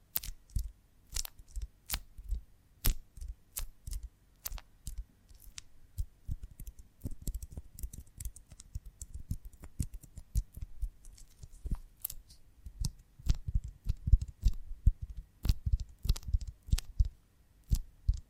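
Honeycomb on a branch being handled, with sharp crisp clicks and crackles that come in quick, irregular bursts throughout. Soft low thumps and rustling sit underneath, growing busier and louder after about twelve seconds.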